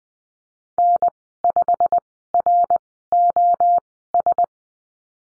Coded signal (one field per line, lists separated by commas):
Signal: Morse code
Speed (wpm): 20 wpm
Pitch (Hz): 700 Hz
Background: none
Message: N5ROS